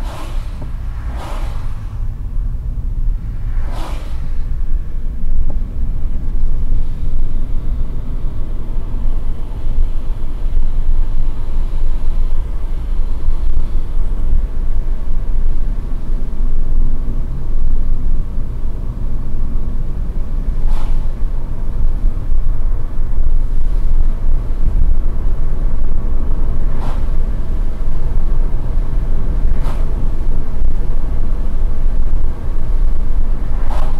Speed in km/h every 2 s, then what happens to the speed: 32, 39, 51, 60, 68, 72, 72, 66, 58, 65, 74, 81, 83, 84, 84, 85, 83.
0-9 speeds up to 72. 13-15 brakes to 58. 16-23 speeds up to 83. 23-34 steady at about 84.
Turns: none.